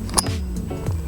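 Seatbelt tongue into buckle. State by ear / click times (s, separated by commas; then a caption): seated / 0.2 s. A seatbelt tongue is pushed into its buckle and latches with a sharp click at 0.2 s, followed by a few fainter knocks. The buckle is seated, showing the seatbelt is still working.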